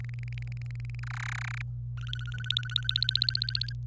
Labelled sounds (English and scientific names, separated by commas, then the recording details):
Domestic Canary (Serinus canaria) song
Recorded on 26 April 2018 at 06:11
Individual llb3